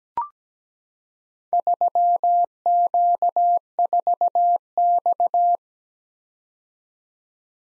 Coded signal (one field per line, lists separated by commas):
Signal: Morse code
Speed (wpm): 17 wpm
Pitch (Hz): 700 Hz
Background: none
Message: 3Q4X